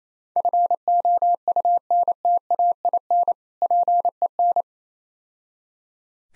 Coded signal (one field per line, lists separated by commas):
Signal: Morse code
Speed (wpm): 28 wpm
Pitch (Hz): 700 Hz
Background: none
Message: FOUNTAIN PEN